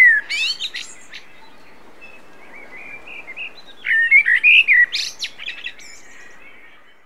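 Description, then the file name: Common blackbird song: a brief twittery ending, a soft pause, then a louder fluted warble finishing in a burst of thin, squeaky high notes. "Turdus merula"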